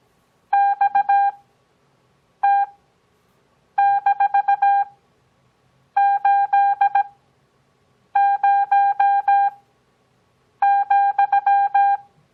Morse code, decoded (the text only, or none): XT-80,